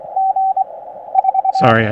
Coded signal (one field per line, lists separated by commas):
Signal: Morse code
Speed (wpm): 22 wpm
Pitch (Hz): 750 Hz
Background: speech, radio noise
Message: G 4